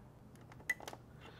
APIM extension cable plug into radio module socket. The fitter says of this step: until it snaps into place once we have that installed we can go ahead now and we can move to the truck and